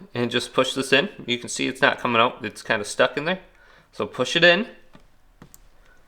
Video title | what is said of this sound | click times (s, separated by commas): How to Remove Micro SD Card on Nintendo Switch (Fast Tutorial) | You'll hear a little click and then it'll pop out a little bit. | 5.5 s